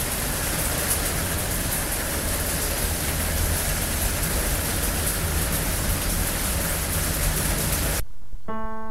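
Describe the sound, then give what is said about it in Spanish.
Steady, dense hiss of rain falling in Seoul in autumn, after 3 p.m., holds at an even level for about eight seconds, then cuts off abruptly into a brief, soft tonal sound. “El cielo por la mañana está soleado, pero pasan de las 3 de la tarde y ahora ha empezado a llover.”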